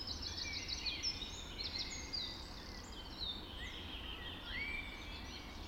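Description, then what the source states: Birds: dense bird chorus at dawn with overlapping high whistles, warbles and slurred notes filling the whole stretch over faint low noise. Dawn chorus just after dawn in the Forest of Dean.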